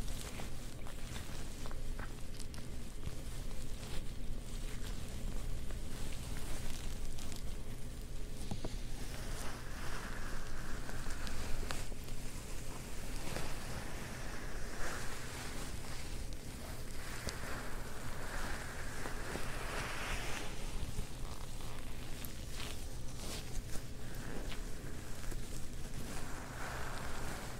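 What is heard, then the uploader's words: Ear massage with fabric scratching: dense, steady rubbing and scraping throughout, with a low hum underneath and brighter swishes around the middle. ASMR Ear Massages + Fabric Scratching on 3DIO.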